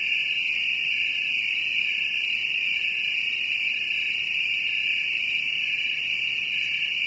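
Cricket giving a constant high-pitched trill without pauses, a few brief sharper clicks now and then, and a faint low hum late on.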